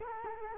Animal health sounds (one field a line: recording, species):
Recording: mosquito wingbeat signal from an infrared sensor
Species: Culex quinquefasciatus